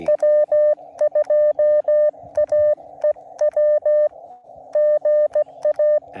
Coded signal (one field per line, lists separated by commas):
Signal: Morse code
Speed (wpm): 16 wpm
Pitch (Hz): 600 Hz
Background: none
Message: W2AEW GA